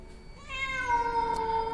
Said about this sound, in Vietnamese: Hồng Ngọc nhìn ra bên ngoài trời, trong cái màn mưa trắng xóa ấy, bỗng dưng có tiếng mèo kêu ngoao ngoao phát ra.